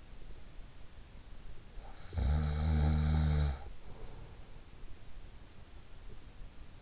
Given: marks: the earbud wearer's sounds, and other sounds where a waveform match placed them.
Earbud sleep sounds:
sounds in sleep by an in-ear microphone; snoring breath
1.80-4.65 s: snoring breath

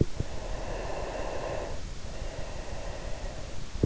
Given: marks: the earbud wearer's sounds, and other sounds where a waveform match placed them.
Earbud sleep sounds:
sounds in sleep by an in-ear microphone; breath
0.34-3.78 s: breath

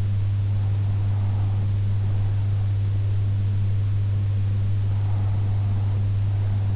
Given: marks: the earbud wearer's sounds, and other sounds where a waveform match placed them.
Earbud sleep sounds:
sounds in sleep by an in-ear microphone; breath
0.77-2.77 s: breath
4.77-6.76 s: breath

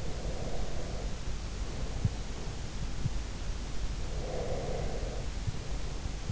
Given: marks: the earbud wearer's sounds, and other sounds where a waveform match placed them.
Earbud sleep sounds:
sounds in sleep by an in-ear microphone; breath
0.02-2.88 s: breath
4.12-6.32 s: breath

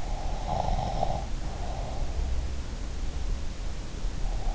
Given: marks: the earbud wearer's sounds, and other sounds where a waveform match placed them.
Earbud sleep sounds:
sounds in sleep by an in-ear microphone; breath
0.32-2.00 s: breath

